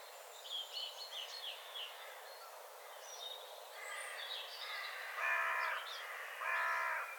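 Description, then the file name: Carrion crow giving several hoarse, rasping caws, the last two loudest, with high chirping of small birds near the start. "Corvus corone"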